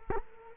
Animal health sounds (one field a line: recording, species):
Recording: mosquito wingbeat signal from an infrared sensor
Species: Culex quinquefasciatus